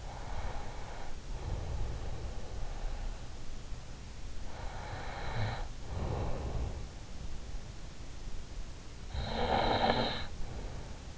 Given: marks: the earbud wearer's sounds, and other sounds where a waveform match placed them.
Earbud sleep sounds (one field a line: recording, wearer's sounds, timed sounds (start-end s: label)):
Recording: sounds in sleep by an in-ear microphone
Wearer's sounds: breath, snoring breath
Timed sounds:
0.00-2.95 s: breath
4.38-7.13 s: breath
8.73-11.18 s: snoring breath